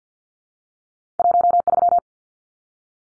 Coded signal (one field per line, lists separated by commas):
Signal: Morse code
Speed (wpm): 50 wpm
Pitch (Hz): 700 Hz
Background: none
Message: 13